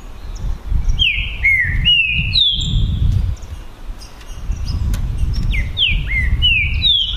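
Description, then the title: Green-winged saltator song: loud whistled phrases, each a short slurred note sliding down, given in quick runs, with a low rumbling background throughout. Song contest (disputa) between trinca-ferro birds Naval and Demolidor, 2022 season; birds calling, singing and 'macheando' in the contest. "É UMA DISPUTA DE TRINCA FERRO PERFEITA!! NAVAL VS DEMOLIDOR 2022!"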